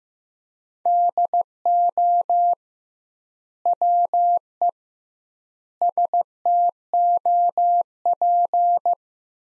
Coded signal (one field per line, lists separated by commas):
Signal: Morse code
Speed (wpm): 15 wpm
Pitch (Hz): 700 Hz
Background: none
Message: DO WE STOP